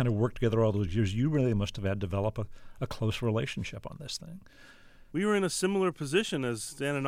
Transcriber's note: none